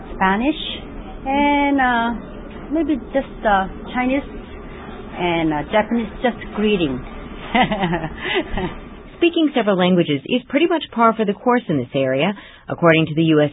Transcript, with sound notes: Spanish and a little bit just Chinese and Japanese, just greeting. [laughs] Speaking several languages is pretty much par for the course in this area. According to the U.S.